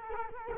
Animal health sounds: mosquito wingbeat signal from an infrared sensor; Culex quinquefasciatus

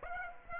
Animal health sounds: mosquito wingbeat signal from an infrared sensor; Aedes aegypti

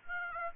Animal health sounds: mosquito wingbeat signal from an infrared sensor; Aedes aegypti

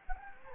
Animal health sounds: mosquito wingbeat signal from an infrared sensor; Anopheles gambiae

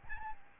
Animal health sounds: mosquito wingbeat signal from an infrared sensor; Aedes albopictus

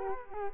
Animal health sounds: mosquito wingbeat signal from an infrared sensor; Culex quinquefasciatus

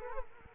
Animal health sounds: mosquito wingbeat signal from an infrared sensor; Culex quinquefasciatus

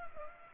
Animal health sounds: mosquito wingbeat signal from an infrared sensor; Culex pipiens

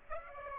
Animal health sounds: mosquito wingbeat signal from an infrared sensor; Aedes aegypti

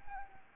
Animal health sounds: mosquito wingbeat signal from an infrared sensor; Anopheles arabiensis

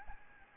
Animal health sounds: mosquito wingbeat signal from an infrared sensor; Aedes albopictus

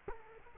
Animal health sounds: mosquito wingbeat signal from an infrared sensor; Culex quinquefasciatus

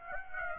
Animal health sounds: mosquito wingbeat signal from an infrared sensor; Aedes aegypti

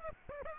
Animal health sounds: mosquito wingbeat signal from an infrared sensor; Aedes aegypti

